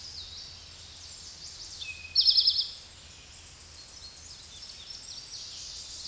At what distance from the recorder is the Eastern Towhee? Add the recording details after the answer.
about 20 m. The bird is about 15 m above the microphone. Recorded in a Pennsylvania forest on 16 May 2024 at 07:18. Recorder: AudioMoth, point MSD-0788. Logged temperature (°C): 16.6 °C. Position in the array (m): 68 m, 14 m